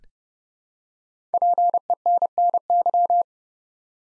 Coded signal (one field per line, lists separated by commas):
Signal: Morse code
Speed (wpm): 30 wpm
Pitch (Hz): 700 Hz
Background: none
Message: PENNY